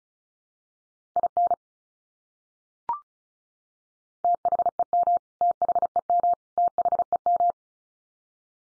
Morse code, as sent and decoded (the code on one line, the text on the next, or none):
.. -. / - .... . -- / - .... . -- / - .... . --
IN THEM THEM THEM